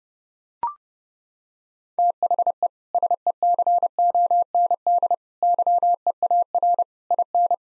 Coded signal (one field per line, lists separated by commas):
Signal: Morse code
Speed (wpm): 32 wpm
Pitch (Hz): 700 Hz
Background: none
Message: THE SECOND YEAR IN